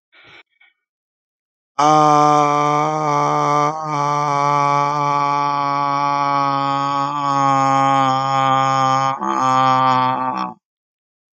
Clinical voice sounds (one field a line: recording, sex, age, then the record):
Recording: vowel held as long as possible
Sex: male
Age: 20 to 29 years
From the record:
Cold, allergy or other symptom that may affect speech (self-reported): no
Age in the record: 27 years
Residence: Ohio, United States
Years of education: 14